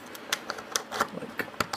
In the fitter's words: so, and it all just snaps back in. That looks pretty sweet.